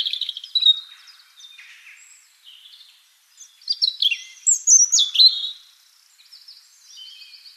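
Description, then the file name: European robin singing thin, high warbled phrases with sliding whistles and quick trills, pausing briefly between bursts. "Erithacus rubecula"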